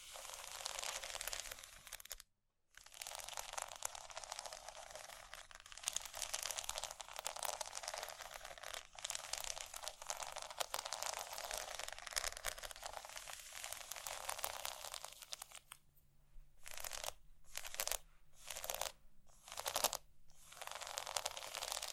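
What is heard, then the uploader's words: Dense, bright scratching runs almost continuously, with a brief silence near 2.5 seconds and choppier bursts broken by short gaps after 16 seconds. ASMR Scratching.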